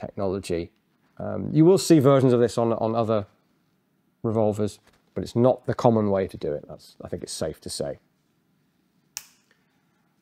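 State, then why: Seated. Someone talks for about eight seconds, then after a pause the rammer lever of an antique revolver is swung back up into its latch on the frame. It stows with a single sharp metal click at 9.2 s, followed by a faint tick.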